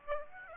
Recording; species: mosquito wingbeat signal from an infrared sensor; Aedes aegypti